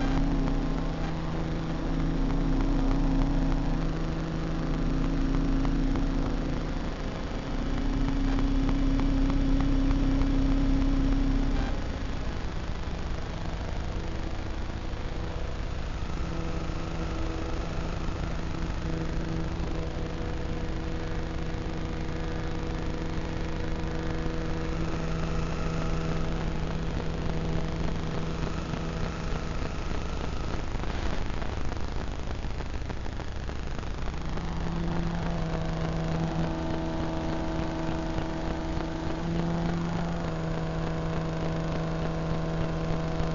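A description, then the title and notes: Electromagnetic fields turned into sound: a continuous, engine-like hum of stacked buzzing tones. The first twelve seconds carry a heavier, louder low drone, then it thins into a steadier, hissing buzz with faint flickering tones, and new pitched tones appear around 35 seconds. Vlad designed it for hearing the invisible electromagnetic frequencies that surround us. Ether is a handheld object, a little black box, that contains a magnetic antenna and an integrated electronic antenna.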